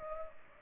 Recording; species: mosquito wingbeat signal from an infrared sensor; Culex pipiens